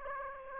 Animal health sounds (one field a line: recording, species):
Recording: mosquito wingbeat signal from an infrared sensor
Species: Aedes aegypti